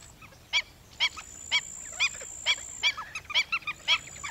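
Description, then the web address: Stilt calling with loud, sharp yelping notes about every half second, quickening into a rapid string near the end, against a faint continuous high whine. "bird-songs Stilt"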